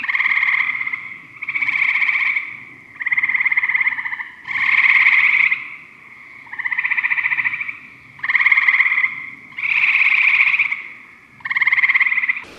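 Eastern gray treefrog trilling calls, loud pulsed musical trills about one to one and a half seconds long, repeated back to back with brief gaps.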